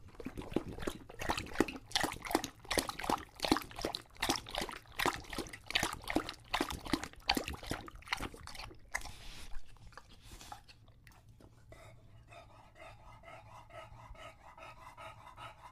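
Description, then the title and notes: English Bulldog lapping water in a steady rhythmic series for about nine seconds, followed by softer, rasping breaths. English Bulldog named Lucho drinking water from a bowl after a long walk, breathing heavily and out of breath between drinks. "English Bulldog Drinks from Water Bowl - Weird Sounds. listen to Lucho the English Bulldog as he tries to drink water after a long walk. Don't let his heavy breathing fool you in between drinks, he's equally out of breath from the walk"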